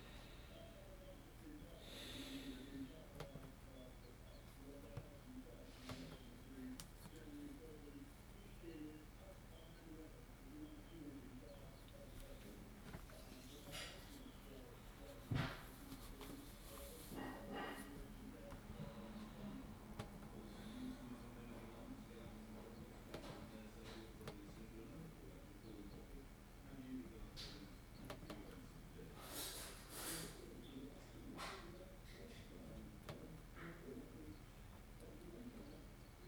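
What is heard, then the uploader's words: Keyboard typing comes in short clicking bursts that start and pause, with a sharp louder tap at about fifteen seconds and clusters of bright clicks near thirty. Underneath, a radio murmurs steadily with low, indistinct voices and a faint constant hum. Background radio. Typing and thinking with the radio in the background.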